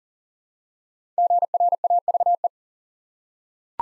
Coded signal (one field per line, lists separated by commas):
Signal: Morse code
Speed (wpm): 39 wpm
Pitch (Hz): 700 Hz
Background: none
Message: GRAVE